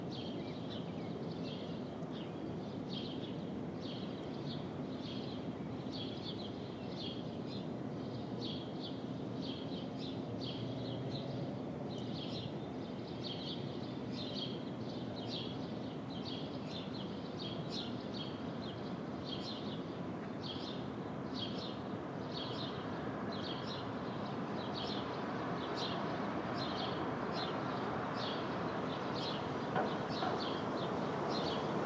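Street traffic at dawn in the open air, a steady, dense low rumble that swells slightly louder toward the end. Above it, a bird repeats a bright, chirping call at a fast, regular pace throughout, and a brief sharper sound occurs near thirty seconds.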